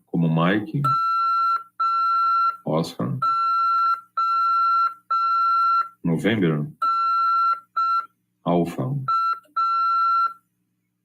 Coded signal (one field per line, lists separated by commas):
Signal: Morse code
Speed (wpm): 5 wpm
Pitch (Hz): 1350 Hz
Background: speech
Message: MONA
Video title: RADIOAMADOR 2ªEd. 16/1/2023 "AULA 5 CW, LEGIS e C.RODADA" PY2EXU PAULO SP/SP CRASP FM 146.410 Mhz.